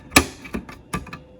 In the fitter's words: lower larger hole goes over your coax connection and just take a couple seconds snap this in place